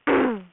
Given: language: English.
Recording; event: throat vibration sensor signal played as sound; throat clearing